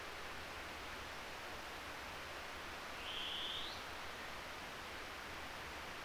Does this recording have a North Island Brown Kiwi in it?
no